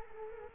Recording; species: mosquito wingbeat signal from an infrared sensor; Culex quinquefasciatus